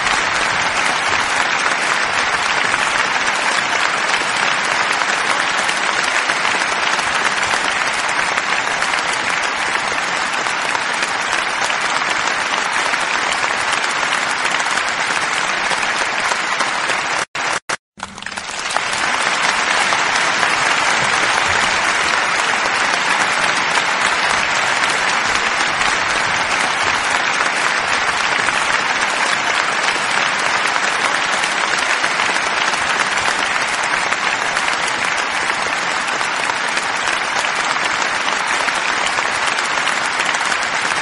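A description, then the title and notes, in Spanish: Dense, steady applause from a large audience, like clapping after a performance, fills the whole clip at an even level with a bright crackling texture. Just before the eighteen-second mark the sound cuts out abruptly for a moment, then resumes just as full. Sonido de aplausos/ applause. Sonidos de aplausos como en presentaciónes.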